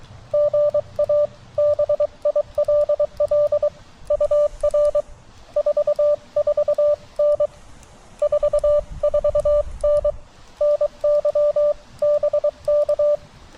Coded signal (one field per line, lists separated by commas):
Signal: Morse code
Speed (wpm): 22 wpm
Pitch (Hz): 590 Hz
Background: none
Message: GA BILL UR 44N 44N NY BK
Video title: CW POTA with the TX-500